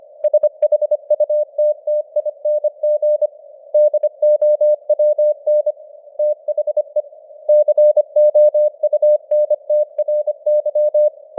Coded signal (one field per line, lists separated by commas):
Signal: Morse code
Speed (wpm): 25 wpm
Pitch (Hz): 600 Hz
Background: none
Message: SHUTTING DOWN THE COUNTRY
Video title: Morse Code News | 2025-11-30 | 25wpm